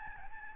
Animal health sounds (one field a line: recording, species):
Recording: mosquito wingbeat signal from an infrared sensor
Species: Aedes albopictus